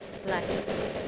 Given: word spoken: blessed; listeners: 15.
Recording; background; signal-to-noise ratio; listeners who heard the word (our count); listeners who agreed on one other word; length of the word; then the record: one English word in noise, from a listening test; noise modulated by three-talker babble; -5.9 dB; 1 of 15; 7 of 15; 0.68 s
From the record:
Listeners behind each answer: 7, 2, 1, 1, 1, 1, 1, 1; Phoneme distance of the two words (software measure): 7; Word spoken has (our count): 1 syllable, 5 phonemes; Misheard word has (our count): 1 syllable, 4 phonemes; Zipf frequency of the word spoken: 3.91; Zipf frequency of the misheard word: 4.26